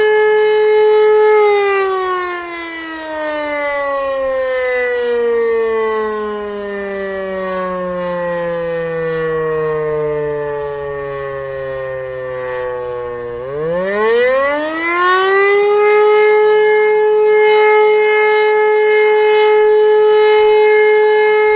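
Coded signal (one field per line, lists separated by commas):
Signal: siren signal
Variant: E57 civil defence siren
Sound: loud mechanical siren wail slowly sinking in pitch, then spinning back up and holding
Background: outdoor ambience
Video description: Monatliche Sirenenprobe aller Sirenen der Stadt Niederkassel am 2. Samstag im Monat um 11.15 Uhr.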